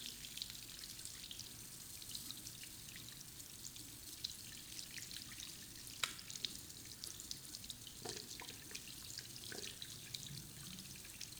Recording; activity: daily activity, guitar pickup as the sensor; wash hands